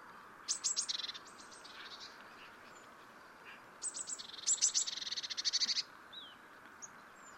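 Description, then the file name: Eurasian blue tit calling: thin high notes run into a buzzy, rapid churring rattle, given in two bouts a few seconds apart. "Cyanistes caeruleus"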